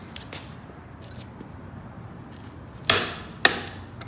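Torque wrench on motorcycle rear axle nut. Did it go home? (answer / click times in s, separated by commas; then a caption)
yes / 2.9 s, 3.5 s. A preset click-type torque wrench tightens the rear axle nut on a Kawasaki Z900 motorcycle over a quiet background. Two sharp clicks ring out at 2.9 s and 3.5 s as the wrench reaches its set torque, confirming the nut is tightened to spec.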